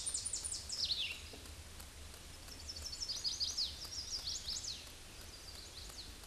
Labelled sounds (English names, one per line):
Chestnut-sided Warbler song